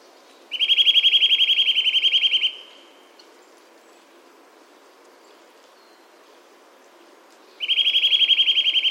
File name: Sitta europaea